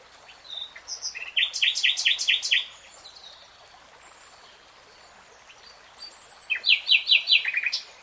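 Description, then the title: Nightingale song: a rapid stuttering run of loud repeated notes, several seconds of quiet, then another pulsing phrase of clipped notes. Nightingale singing in real time. "[Tiếng chim hót] Nightingale Singing"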